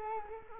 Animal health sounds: mosquito wingbeat signal from an infrared sensor; Culex quinquefasciatus

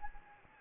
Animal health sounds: mosquito wingbeat signal from an infrared sensor; Anopheles gambiae

